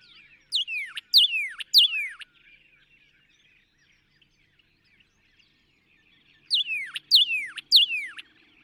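Northern cardinal song: loud down-slurred whistled notes in two bursts of three, each sweeping steeply downward, separated by a quiet gap with faint background chirps.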